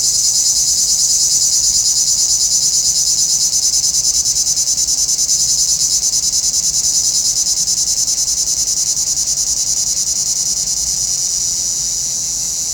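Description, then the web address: Cicada droning continuously with fast regular pulses, the whole sound slowly softening toward the close. "Nature Sounds – Nature Chill Out 2014. Sounds from a Rnewood Cicadas"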